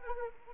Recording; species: mosquito wingbeat signal from an infrared sensor; Anopheles arabiensis